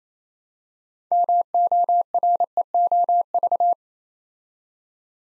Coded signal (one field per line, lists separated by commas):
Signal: Morse code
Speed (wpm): 27 wpm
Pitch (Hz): 700 Hz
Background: none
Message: MOREOV